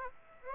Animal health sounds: mosquito wingbeat signal from an infrared sensor; Aedes aegypti

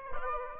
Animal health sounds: mosquito wingbeat signal from an infrared sensor; Aedes aegypti

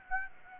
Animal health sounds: mosquito wingbeat signal from an infrared sensor; Aedes aegypti

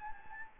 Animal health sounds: mosquito wingbeat signal from an infrared sensor; Anopheles gambiae

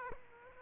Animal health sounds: mosquito wingbeat signal from an infrared sensor; Aedes aegypti

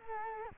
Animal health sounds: mosquito wingbeat signal from an infrared sensor; Culex quinquefasciatus

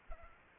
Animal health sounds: mosquito wingbeat signal from an infrared sensor; Aedes aegypti

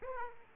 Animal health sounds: mosquito wingbeat signal from an infrared sensor; Aedes aegypti

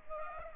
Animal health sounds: mosquito wingbeat signal from an infrared sensor; Culex pipiens

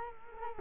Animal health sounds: mosquito wingbeat signal from an infrared sensor; Culex quinquefasciatus

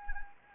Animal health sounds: mosquito wingbeat signal from an infrared sensor; Anopheles gambiae

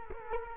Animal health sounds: mosquito wingbeat signal from an infrared sensor; Culex quinquefasciatus

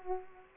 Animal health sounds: mosquito wingbeat signal from an infrared sensor; Culex quinquefasciatus

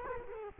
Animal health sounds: mosquito wingbeat signal from an infrared sensor; Culex quinquefasciatus

